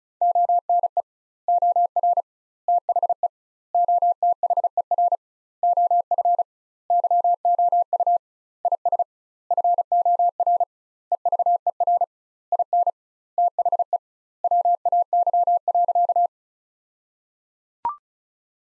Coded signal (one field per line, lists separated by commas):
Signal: Morse code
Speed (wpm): 34 wpm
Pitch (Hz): 700 Hz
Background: none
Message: ONE OR THE OTHER OF YOU IS FOR EVER IN THE WAY.